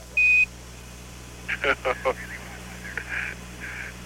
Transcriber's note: laughter